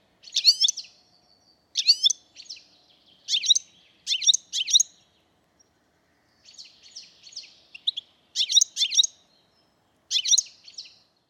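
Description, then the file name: European goldfinch giving bright, tinkling twittered call bursts, short clustered notes repeated roughly every one to two seconds, with a softer buzzy phrase in the middle. "Carduelis carduelis"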